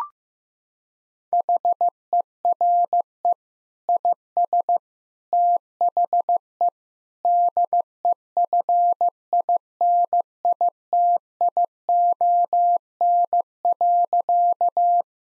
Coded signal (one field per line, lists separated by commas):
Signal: Morse code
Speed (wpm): 15 wpm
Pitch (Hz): 700 Hz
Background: none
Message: HERE IS THE DEFINITION.